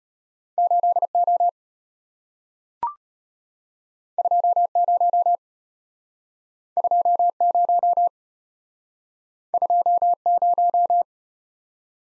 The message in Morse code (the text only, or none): 8O 20 20 20